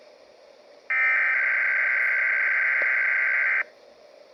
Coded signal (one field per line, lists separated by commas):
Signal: Emergency Alert System (SAME) tones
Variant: header bursts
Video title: backlog cleanup | (EAS #1430 - 1477)